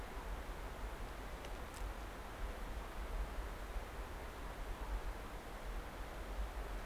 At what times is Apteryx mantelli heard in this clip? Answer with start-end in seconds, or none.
none